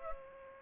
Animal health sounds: mosquito wingbeat signal from an infrared sensor; Aedes aegypti

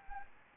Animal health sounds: mosquito wingbeat signal from an infrared sensor; Anopheles gambiae

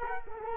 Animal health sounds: mosquito wingbeat signal from an infrared sensor; Culex quinquefasciatus

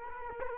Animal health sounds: mosquito wingbeat signal from an infrared sensor; Culex quinquefasciatus

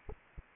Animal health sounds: mosquito wingbeat signal from an infrared sensor; Anopheles arabiensis

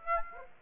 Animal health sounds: mosquito wingbeat signal from an infrared sensor; Aedes aegypti

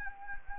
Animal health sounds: mosquito wingbeat signal from an infrared sensor; Anopheles gambiae

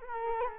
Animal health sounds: mosquito wingbeat signal from an infrared sensor; Culex quinquefasciatus

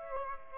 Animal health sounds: mosquito wingbeat signal from an infrared sensor; Aedes aegypti

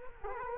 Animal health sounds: mosquito wingbeat signal from an infrared sensor; Culex quinquefasciatus

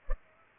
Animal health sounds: mosquito wingbeat signal from an infrared sensor; Culex pipiens

